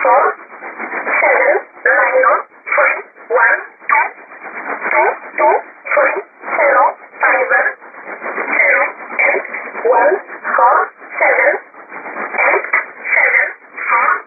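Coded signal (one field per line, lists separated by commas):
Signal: numbers station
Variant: E11 Oblique, English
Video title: 05 12 2017 Numbers station E11 Oblique in English to Eu 0717 on 9130 unknown tx site in USB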